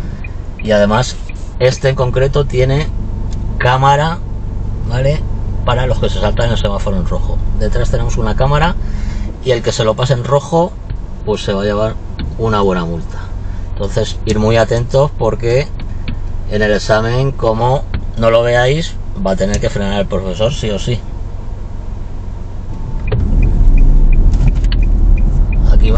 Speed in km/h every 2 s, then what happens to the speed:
0, 0, 0, 0, 0, 0, 0, 0, 0, 0, 0, 0, 13.
0-22 standing. 22-26 pulls away to 13.